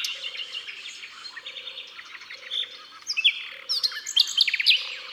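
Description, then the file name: Common nightingale song of varied phrases, buzzy trills and sharp rising whistles in bursts, over soft low notes repeated about once a second. Natural concert recorded in the Drôme, France. "Rossignol philomele Concerts Naturels de la Drome Studio les Trois Becs"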